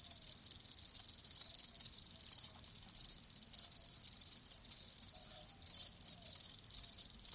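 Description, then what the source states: High cricket chirps pulse in overlapping bursts, a dense insect chorus. Live crickets chirping; presented as lulling sleep sounds.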